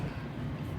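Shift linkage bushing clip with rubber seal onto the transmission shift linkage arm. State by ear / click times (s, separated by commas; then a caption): not seated / none. A shift linkage bushing clip with a rubber seal is pressed onto the transmission shift linkage arm of a GMC Envoy or Chevy Trailblazer SUV. Only a steady low rumble is heard, with no distinct snap. Nothing has clicked or seated yet; the back piece of the clip did not snap on.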